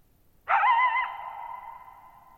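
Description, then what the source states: Coyote howl: an abrupt onset followed by a short wavering, slightly warbling tone that carries on in a long fading echo, with a very still background. Lone coyote calling on the night of July 14, 2019, at Thirtymile Meadows, Okanogan National Forest, 6400 ft, bowl-shaped meadow on a high dry plateau.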